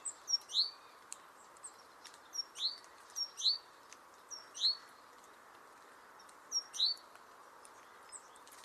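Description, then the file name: Great tit calls, high thin notes sweeping downward, often given in close pairs, repeated irregularly over steady background hiss with faint ticks. "Parus major"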